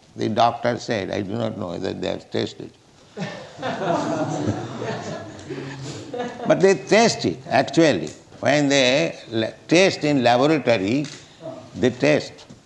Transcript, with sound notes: The doctors said. I do not know whether they have tasted.. [laughter] But they taste it actually. When they test in laboratory, they taste.